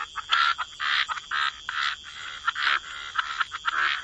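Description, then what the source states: Frogs calling together, short harsh croaks in quick irregular bursts, some louder notes popping out above a soft hiss. Frog chorus.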